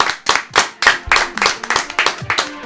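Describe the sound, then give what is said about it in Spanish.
A small group applauds with sharp, distinct claps in a quick uneven rhythm, loud and steady for a few seconds, with faint voices briefly audible underneath. “¡Dios, aplauso!”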